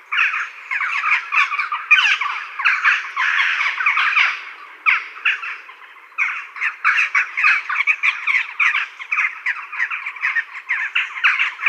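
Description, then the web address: Western jackdaw chattering, a dense stream of short harsh clucking and squawking notes without pause. "Schulze Peter Eurasian Jackdaw"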